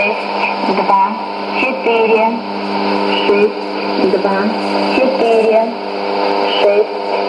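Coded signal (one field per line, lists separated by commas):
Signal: numbers station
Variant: S06s, Russian female voice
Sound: a female voice reading short words at a steady pace through shortwave hiss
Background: radio static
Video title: 10 02 2017 Numbers station S06s Russian Lady in Russian to Eu 0900 on 5765 unknown tx site in CUSB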